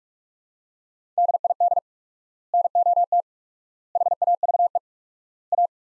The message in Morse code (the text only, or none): DID NOT HAVE A